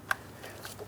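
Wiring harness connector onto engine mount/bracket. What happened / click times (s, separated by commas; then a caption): The plastic connector snapped into place / 0.1 s. A plastic wiring harness connector with a small locking tab on a 2003-2007 Cadillac CTS 3.6L V6 is lined up and pressed down onto its engine mount along the front of the right side valve cover. A single sharp click is heard at 0.1 s, followed by a fainter tick around 0.7 s. The connector is seated and locked in place.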